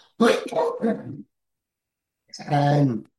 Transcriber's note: coughs